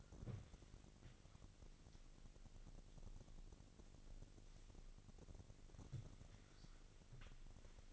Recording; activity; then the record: daily activity, microphone in the room; wipe stove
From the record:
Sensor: 4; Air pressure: 1002.4 hPa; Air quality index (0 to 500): 215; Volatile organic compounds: 11 ppm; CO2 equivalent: 2323 ppm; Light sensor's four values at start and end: 18/66/24/24 and 18/66/24/24